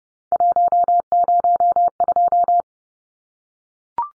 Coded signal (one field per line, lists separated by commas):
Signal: Morse code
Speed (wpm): 30 wpm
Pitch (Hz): 700 Hz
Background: none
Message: 102